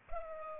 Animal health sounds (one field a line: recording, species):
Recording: mosquito wingbeat signal from an infrared sensor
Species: Culex pipiens